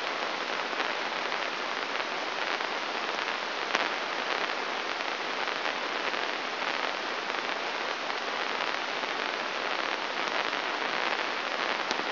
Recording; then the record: brain microelectrode recording played as sound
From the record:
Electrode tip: inside the subthalamic nucleus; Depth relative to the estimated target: -1 mm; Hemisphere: right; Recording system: AlphaMap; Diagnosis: Parkinson's disease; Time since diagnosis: 24 years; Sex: male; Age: 67 years